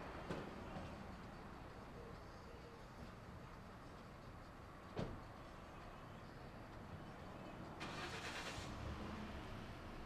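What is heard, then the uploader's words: Cars idle and move around a gas station under a steady low rumble of engines. A sharp knock lands near the start and another around the five-second mark, and a brief bright hiss, like air or a pump, rises just before the end. CITGO Gas Station. Standing by a gas pump at the CITGO on Plaza and Parkwood.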